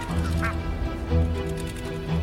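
Geese honk and squawk in short, nasal bursts as they swim after a motorized hang glider, several calls overlapping, over the steady low drone of its motor running throughout.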